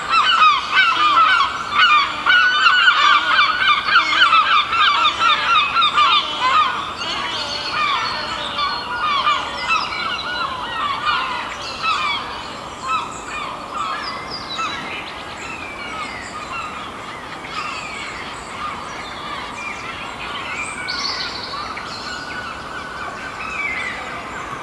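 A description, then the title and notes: A dense dusk chorus of overlapping birdsong and squawking calls from trees, loudest for the first seven seconds, then thinning slightly. Soothing woodland birdsong and the chanting of herons. The riot of dusk birdsong spilling down from the trees beside the track. Recorded by Daniel Graham and presented by Hannah Tribe.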